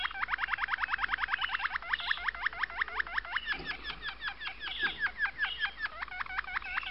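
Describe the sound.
Domestic canary song, a long rolling trill of rapid notes repeated several times a second, with brief higher flourishes mixed in.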